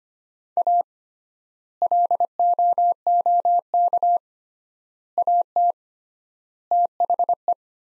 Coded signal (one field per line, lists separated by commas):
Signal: Morse code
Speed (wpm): 25 wpm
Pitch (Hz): 700 Hz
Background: none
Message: A LOOK AT THE